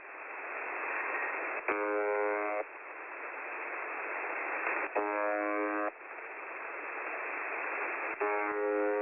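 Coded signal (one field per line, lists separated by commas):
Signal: channel marker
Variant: UVB-76 (The Buzzer)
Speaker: it's basically a Russian military channel marker, designed to keep a frequency clear so that traffic can be sent. It usually sounds like this.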